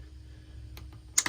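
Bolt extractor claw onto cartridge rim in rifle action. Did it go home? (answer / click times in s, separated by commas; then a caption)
yes / 1.2 s, 1.3 s. A Mauser rifle bolt is pushed forward onto a chambered round and turned down, and its steel extractor claw snaps over the cartridge rim. Under a steady low hum, faint ticks come at 0.8 and 0.9 s, then sharp, loud clicks at 1.2 and 1.3 s as the extractor seats over the rim.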